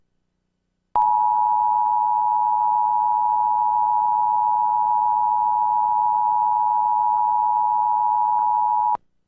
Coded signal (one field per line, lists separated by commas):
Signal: Emergency Alert System (SAME) tones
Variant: 853 and 960 Hz attention tone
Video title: Capture of 10/4/23 National EAS Test (WPLT, C25 Philadelphia)